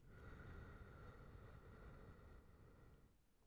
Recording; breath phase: one breath near a microphone; exhalation